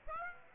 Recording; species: mosquito wingbeat signal from an infrared sensor; Aedes aegypti